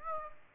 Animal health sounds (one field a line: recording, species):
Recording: mosquito wingbeat signal from an infrared sensor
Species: Aedes aegypti